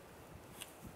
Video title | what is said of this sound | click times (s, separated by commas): How to Replace Starter 1998-2010 Volkswagen Beetle | push it on just like that it'll snap in place | 0.6 s